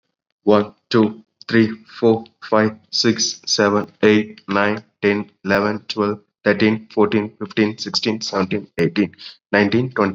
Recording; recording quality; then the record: counting at a normal pace; excellent, no background noise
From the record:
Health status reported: COVID-19 positive, mild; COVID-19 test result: positive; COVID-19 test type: RT-PCR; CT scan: not taken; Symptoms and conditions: cough, fever, fatigue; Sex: male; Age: 26 years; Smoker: no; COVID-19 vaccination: both doses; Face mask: worn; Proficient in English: yes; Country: India